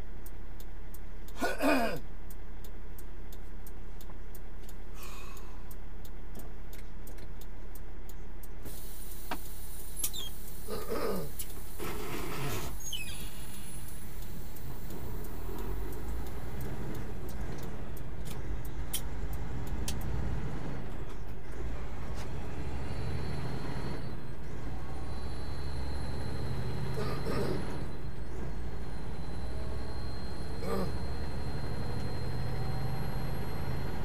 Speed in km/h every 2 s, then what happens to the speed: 0, 0, 0, 0, 0, 0, 0, 6, 16, 19, 26, 29, 39, 47, 48, 50, 60.
0-13 standing. 13-31 pulls away to 60.